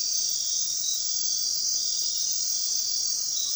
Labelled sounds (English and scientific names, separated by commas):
none